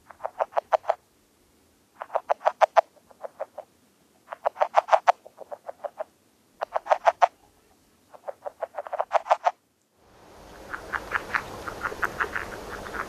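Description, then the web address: Northern red-legged frog giving groups of several rapid, throaty clucking notes every couple of seconds, followed by a noisier stretch with fainter, different calls. "Songs of Frogs Toads of North America. Northern Red-legged Frog"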